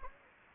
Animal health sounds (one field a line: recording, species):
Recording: mosquito wingbeat signal from an infrared sensor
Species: Anopheles gambiae